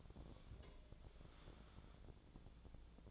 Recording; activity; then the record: daily activity, microphone in the room; take from stove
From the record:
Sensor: 5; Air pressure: 1000.1 hPa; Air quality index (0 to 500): 94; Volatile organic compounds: 1 ppm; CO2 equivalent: 770 ppm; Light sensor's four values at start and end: 337/794/344/386 and 333/786/341/381